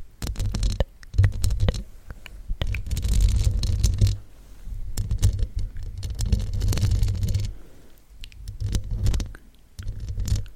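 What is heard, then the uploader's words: ASMR scratching in dense, rasping bursts with a deep rumbling undertone, pausing briefly around four and eight seconds before resuming. ASMR scratching you to sleep.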